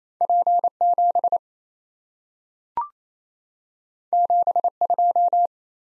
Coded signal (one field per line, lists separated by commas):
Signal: Morse code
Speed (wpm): 28 wpm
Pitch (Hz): 700 Hz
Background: none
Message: P7 72